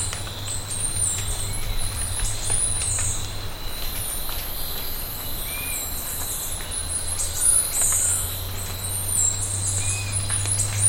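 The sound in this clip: Bird calls: a few faint, short arched whistled notes scattered through, over a constant high-pitched hiss and a steady low hum.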